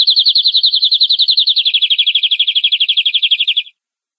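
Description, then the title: Canary song: a rapid, even trill of high notes running almost four seconds, stepping slightly lower in pitch halfway through, with no other sounds. "Kenari"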